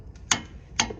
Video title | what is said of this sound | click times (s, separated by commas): How to Replace the Entire Suspension on a 2008 Dodge Durango and Save $2,000 | When you hear that click, you know you reach your foot-pound pressure. So you're done. | 0.3 s, 0.8 s